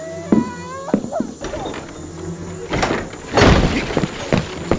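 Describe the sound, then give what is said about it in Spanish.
A house door is forced open and smashed in: several sharp thuds and knocks build to a loud, sustained splintering crash, followed by scattered rattling impacts. “Si les iba a abrir, no tenían para qué echar la puerta abajo.”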